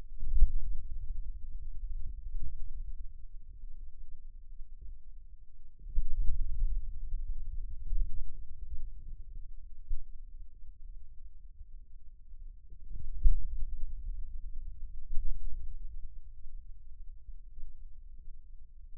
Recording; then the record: forearm muscle sounds (acoustic myography)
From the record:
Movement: pen grasping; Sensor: system 2, bracelet of six BSWA MPA416 microphones around the upper forearm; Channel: 1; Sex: male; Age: 22 years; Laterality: right